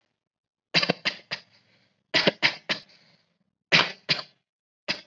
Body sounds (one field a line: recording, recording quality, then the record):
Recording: heavy voluntary cough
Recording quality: moderate, slight background noise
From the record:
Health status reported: COVID-19 positive, mild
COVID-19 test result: positive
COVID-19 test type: rapid antigen test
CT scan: not taken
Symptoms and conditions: cough, cold, fever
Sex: male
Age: 23 years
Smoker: no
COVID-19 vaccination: both doses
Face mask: worn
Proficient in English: yes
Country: India